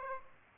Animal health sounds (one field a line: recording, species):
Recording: mosquito wingbeat signal from an infrared sensor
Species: Aedes aegypti